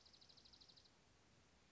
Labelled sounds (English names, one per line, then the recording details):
Dark-eyed Junco
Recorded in Sonoma County, California